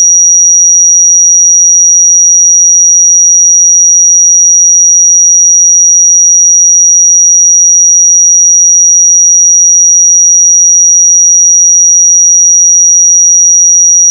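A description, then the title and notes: A pure sine tone at 5763 Hz holds perfectly steady for the whole fourteen seconds, thin and piercingly bright. Its pitch and loudness never waver, and nothing else sounds around it, with only a tiny click as it cuts off at the end. 5763 Hz 1 Hz Interval Sine Pure Tone Frequency 441000 Sample Mono.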